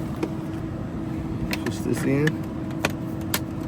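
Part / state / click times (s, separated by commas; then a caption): plastic trim cover into the door/mirror mount area / seated / 2.9 s, 3.3 s. The last plastic trim cover is pushed into the door/mirror mount area of a Tesla Model Y during a blind spot monitoring install, while someone talks. Two sharp clip snaps are heard at 2.9 s and 3.3 s as the cover seats in place.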